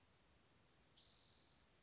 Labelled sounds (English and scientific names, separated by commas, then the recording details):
Spotted Towhee (Pipilo maculatus)
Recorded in Sonoma County, California